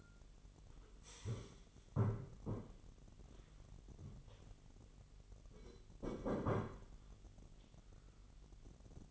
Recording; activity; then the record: daily activity, microphone in the room; stand up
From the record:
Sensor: 4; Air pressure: 999.3 hPa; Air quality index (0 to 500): 114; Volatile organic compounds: 2 ppm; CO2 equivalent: 1125 ppm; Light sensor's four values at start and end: 13/31/12/13 and 13/30/12/13